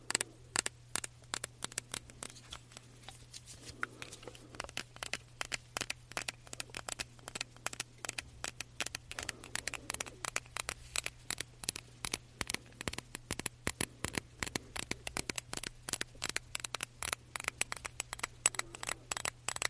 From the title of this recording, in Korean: 디퓨저, 바디미스트 탭핑 , 흔드는 소리